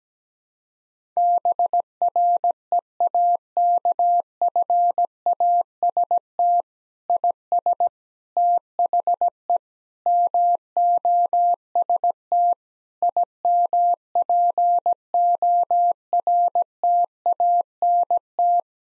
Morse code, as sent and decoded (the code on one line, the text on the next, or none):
-... .-. . .- -.- ..-. .- ... - / .. ... / - .... . / -- --- ... - / .. -- .--. --- .-. - .- -. -
BREAKFAST IS THE MOST IMPORTANT